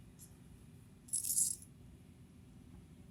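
A pin on the drawbar of an LX fly reel is lined up with its slot before the drawbar assembly is pushed into the reel frame. A faint metallic rattle is heard, with a brief louder burst of high rattling from about 1.1 to 1.6 seconds over a low background hum. Nothing has seated or clicked yet.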